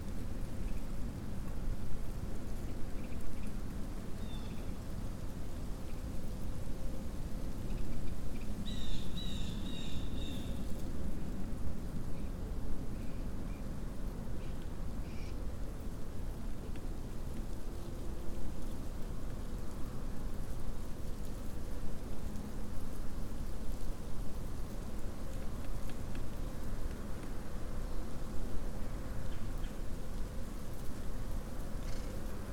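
Wind moves steadily through a freshly burned oak stand, a dense low rush that stays fairly even throughout. Faint bird calls break through now and then, with a brighter chirping burst around nine to eleven seconds and a few scattered peeps later.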